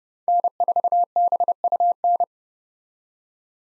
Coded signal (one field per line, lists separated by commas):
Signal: Morse code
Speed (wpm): 31 wpm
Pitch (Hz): 700 Hz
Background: none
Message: N4BUN